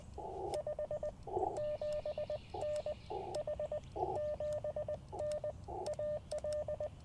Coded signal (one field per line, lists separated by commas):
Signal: Morse code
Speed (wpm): 19 wpm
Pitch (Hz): 590 Hz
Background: none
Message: 57N H 7N AL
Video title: Morning Morse Code - 3/2/24